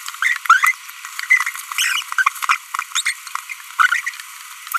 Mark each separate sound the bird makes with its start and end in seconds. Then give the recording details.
0.22-0.37, 0.46-0.72, 1.30-1.49, 1.78-2.02, 2.18-2.22, 2.49-2.56, 2.92-3.01, 3.06-3.12, 3.79-4.00, 4.07-4.09, 4.75-4.77. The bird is a female. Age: 25 days. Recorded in a nest box in Venezuela. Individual 17B42B1